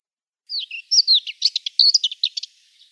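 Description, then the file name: Subalpine warbler song: a quick scratchy warble of high chirps and short trills, varied notes packed into about two seconds. "Slavka belousaja"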